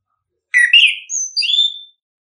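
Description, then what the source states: A single bird phrase: a buzzy warbled note followed by clear, high whistled notes. Chirping birdsong intended for training and tutoring favourite pet birds.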